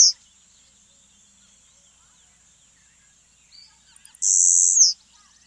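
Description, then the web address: Blue-black grassquit giving a single short, very high buzzy burst near the end, after a brief note at the start and a faint steady high tone running throughout. South America. "Natures Songs S America Blue-Black Grassquit"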